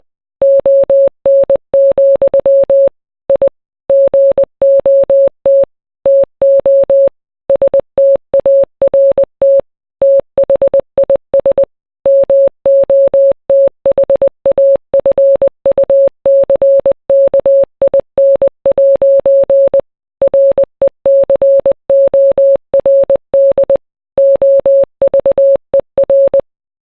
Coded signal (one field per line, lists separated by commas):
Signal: Morse code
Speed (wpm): 20 wpm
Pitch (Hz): 550 Hz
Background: none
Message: ON, I GOT TO START THIS MOTHAFUCKIN' RECORD OVER